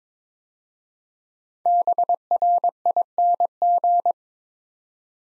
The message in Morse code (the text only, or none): BRING